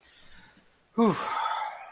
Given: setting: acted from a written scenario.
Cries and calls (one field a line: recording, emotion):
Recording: vocal sound without words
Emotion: contentment